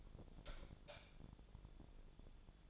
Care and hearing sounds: daily activity, microphone in the room; light off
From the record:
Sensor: 5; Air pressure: 1000.1 hPa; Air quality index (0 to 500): 103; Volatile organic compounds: 1 ppm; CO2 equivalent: 833 ppm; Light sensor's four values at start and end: 267/635/273/304 and 267/632/273/304

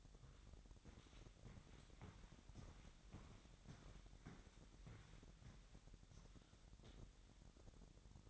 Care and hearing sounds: daily activity, microphone in the room; walk to room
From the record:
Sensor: 3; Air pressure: 1012.2 hPa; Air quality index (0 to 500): 140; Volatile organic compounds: 2 ppm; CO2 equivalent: 1078 ppm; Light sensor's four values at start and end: 146/350/145/135 and 146/348/144/135

